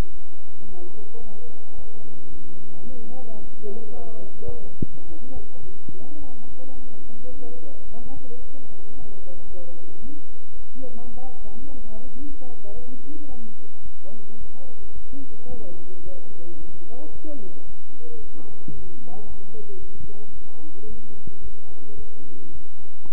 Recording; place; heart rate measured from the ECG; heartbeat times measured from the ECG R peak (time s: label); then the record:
heart sounds by stethoscope; between the tricuspid and mitral areas; 109 bpm
0.10 s: heartbeat
0.65 s: heartbeat
1.20 s: heartbeat
1.75 s: heartbeat
2.30 s: heartbeat
2.84 s: heartbeat
3.40 s: heartbeat
3.96 s: heartbeat
4.52 s: heartbeat
5.07 s: heartbeat
5.62 s: heartbeat
6.18 s: heartbeat
6.74 s: heartbeat
7.30 s: heartbeat
7.84 s: heartbeat
8.39 s: heartbeat
8.93 s: heartbeat
9.47 s: heartbeat
10.02 s: heartbeat
10.56 s: heartbeat
11.11 s: heartbeat
11.66 s: heartbeat
12.20 s: heartbeat
12.74 s: heartbeat
13.28 s: heartbeat
13.83 s: heartbeat
14.38 s: heartbeat
14.93 s: heartbeat
15.48 s: heartbeat
16.03 s: heartbeat
16.58 s: heartbeat
17.12 s: heartbeat
17.66 s: heartbeat
18.21 s: heartbeat
18.74 s: heartbeat
19.27 s: heartbeat
19.80 s: heartbeat
20.33 s: heartbeat
20.87 s: heartbeat
21.41 s: heartbeat
21.96 s: heartbeat
22.52 s: heartbeat
23.12 s: heartbeat
From the record:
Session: bicycle stress test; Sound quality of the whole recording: good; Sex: male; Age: 23 years